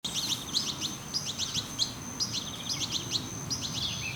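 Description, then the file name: European goldfinch calling with rapid tinkling chirps in short bursts, over a low steady background hum. "Carduelis carduelis"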